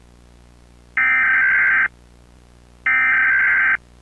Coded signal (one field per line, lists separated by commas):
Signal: Emergency Alert System (SAME) tones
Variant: header bursts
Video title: EAS Alert : "Look Outside"